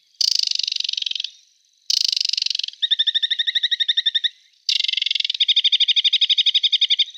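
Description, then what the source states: Aquatic Warbler song: harsh buzzy chattering bursts alternating with rapid, even staccato trills, in several phrases separated by brief pauses. Declared extinct in Germany last year; a species of concern and very rare in Germany for many years.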